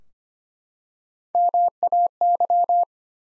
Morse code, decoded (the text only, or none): MAY